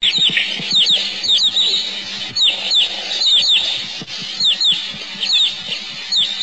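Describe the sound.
Evening grosbeak calls, short high chirps in repeated clusters, over faint low background noise.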